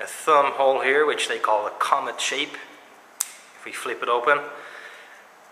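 Someone talks while the blade of a Sanrenmu 733 folding pocket knife, which has a flipper opener and a comet-shaped thumb hole, is flipped open with the flipper. It locks into place in its handle with a short, sharp click at 3.2 s. The click is not very positive, but the blade locks firmly with no play.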